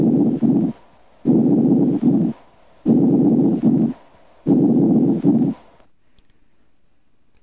Normal breath sounds. In a patient with a pleural effusion in the right posterior lower lung field, normal breath sounds are heard on the contralateral side over healthy lung tissue.